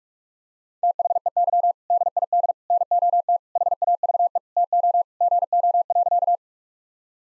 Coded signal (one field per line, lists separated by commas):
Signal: Morse code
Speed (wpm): 41 wpm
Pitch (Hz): 700 Hz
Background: none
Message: THEY DID NOT HAVE TO GO.